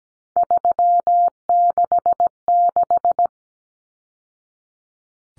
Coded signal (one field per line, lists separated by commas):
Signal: Morse code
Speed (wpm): 17 wpm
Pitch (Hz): 700 Hz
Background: none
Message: 366